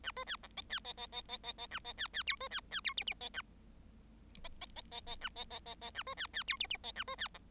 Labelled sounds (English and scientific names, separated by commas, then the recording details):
Bengalese Finch (Lonchura striata domestica) song
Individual Bird7